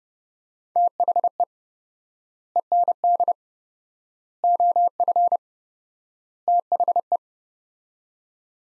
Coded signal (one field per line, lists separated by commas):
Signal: Morse code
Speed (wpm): 30 wpm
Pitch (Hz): 700 Hz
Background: none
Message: THE END OF THE